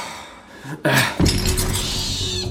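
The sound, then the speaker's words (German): A cat lands hard on broken glass shards: a sharp crash, then a second louder impact, followed by a sustained scraping, rattling clatter of glass that fills the rest of the moment. “Du hast sie direkt auf die Scherben geschleudert, spinnst du?”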